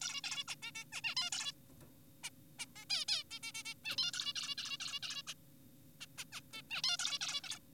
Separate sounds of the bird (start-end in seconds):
0.02-0.21, 0.24-0.44, 0.48-0.55, 0.62-0.72, 0.75-0.84, 0.93-1.01, 1.04-1.15, 1.17-1.30, 1.32-1.52, 2.24-2.30, 2.59-2.65, 2.76-2.85, 2.90-3.05, 3.08-3.24, 3.31-3.39, 3.43-3.52, 3.54-3.63, 3.65-3.74, 3.85-3.96, 3.98-4.11, 4.14-4.33, 4.36-4.55, 4.58-4.77, 4.80-5.00, 5.03-5.22, 5.27-5.34, 6.01-6.06, 6.18-6.25, 6.33-6.41, 6.53-6.62, 6.71-6.82, 6.83-6.97, 6.99-7.19, 7.21-7.41, 7.44-7.59